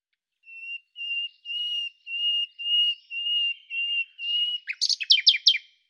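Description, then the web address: Common nightingale song of eight long pure whistles on one steady pitch, breaking into a rapid burst of sharp high notes at the end. "cianscape birddata Deverinetal 2025 Bird Lu Me"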